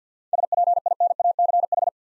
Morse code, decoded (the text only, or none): SPINACH